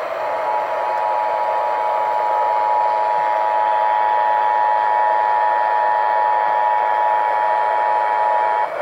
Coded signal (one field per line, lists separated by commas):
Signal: Emergency Alert System (SAME) tones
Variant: 853 and 960 Hz attention tone